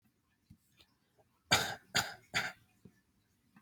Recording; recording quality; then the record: shallow voluntary cough; excellent, no background noise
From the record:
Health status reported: healthy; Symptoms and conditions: none ticked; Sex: male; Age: 34 years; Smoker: not ticked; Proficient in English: yes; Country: United States